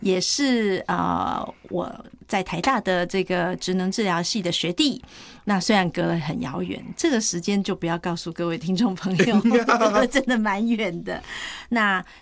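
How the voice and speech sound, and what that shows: A woman speaks Mandarin fluently at an easy conversational pace, with a clear, steady voice and short natural pauses.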